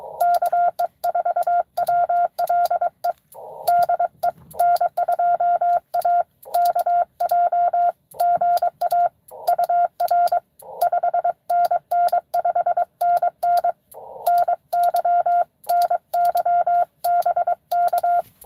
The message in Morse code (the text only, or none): KE4WLE DE N2AKJ GA UR 5NN 5NN NY NY BK